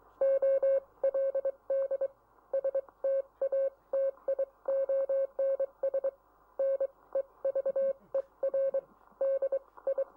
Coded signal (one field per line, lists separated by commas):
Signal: Morse code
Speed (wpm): 24 wpm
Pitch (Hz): 540 Hz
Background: none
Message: OLD STATIONS NEVER DI